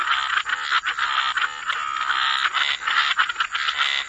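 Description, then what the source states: Frog chorus of overlapping raspy croaks, dense and continuous with brief dips, over a steady high-pitched hiss. Frog chorus mixed with white noise.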